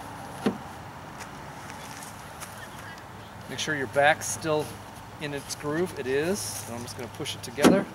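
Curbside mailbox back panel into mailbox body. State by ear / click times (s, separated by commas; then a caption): not seated / none. Someone talks while squeezing the parts of a curbside mailbox back together, checking that the back panel sits in its groove in the mailbox body before pushing it home. Over low background noise there is one faint tap around 1.7 s, but the back panel has not yet seated or clicked into place.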